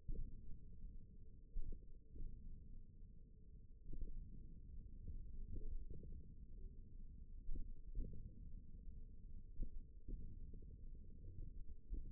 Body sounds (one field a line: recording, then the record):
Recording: forearm muscle sounds (acoustic myography)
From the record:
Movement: hand opening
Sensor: system 1, eight BSWA MPA416 microphones around the upper forearm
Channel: 4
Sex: male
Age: 54 years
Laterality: right